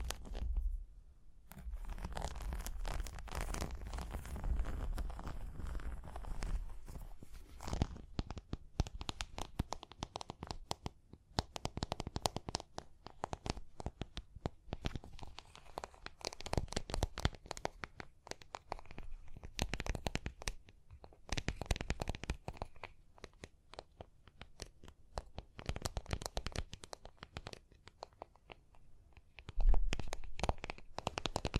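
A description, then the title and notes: Tapping and scratching go on throughout: dense, irregular bursts of sharp clicks and rustly scraping with little pause between them. The first few seconds carry a low rumble under the scratching; after that the sounds are brighter and crisper, with a louder cluster near thirty seconds. Tapping and Scratching (No Talking).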